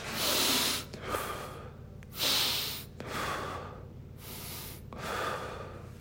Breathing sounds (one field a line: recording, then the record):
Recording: deep breathing after running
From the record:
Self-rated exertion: moderate exertion (3 of 6)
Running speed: 8 miles an hour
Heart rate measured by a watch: 93 beats a minute at the start, 96 at the end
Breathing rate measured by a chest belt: 11 breaths a minute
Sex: male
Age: 23 years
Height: 172 cm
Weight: 73 kg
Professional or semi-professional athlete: no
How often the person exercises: 3 to 5 times a week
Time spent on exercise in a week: over 5 hours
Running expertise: yes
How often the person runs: 3 to 5 times a week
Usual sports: running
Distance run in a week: 40 km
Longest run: 20 km